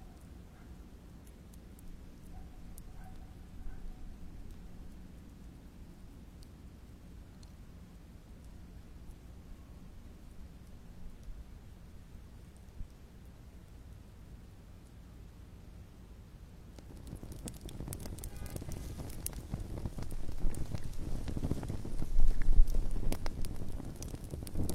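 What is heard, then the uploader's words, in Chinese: A calm campfire at night, quiet at first with a low, soft rumble and only scattered faint crackles. Around seventeen seconds the fire grows louder and busier, with dense snapping and popping that peaks near twenty-two seconds before easing slightly. 晚上平静的篝火声。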